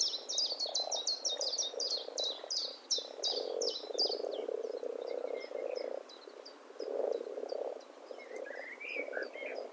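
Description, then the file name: Eurasian blackbird giving rapid, repeated high chirping notes that slow and thin out after four seconds, over a steady low hum. "Turdus merula"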